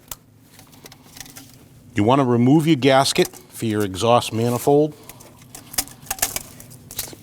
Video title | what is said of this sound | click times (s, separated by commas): How to Replace Engine Knock Sensor 2014-2023 Jeep Cherokee 2.4L L4 | Plug it back in. Listen for that click. | 0.1 s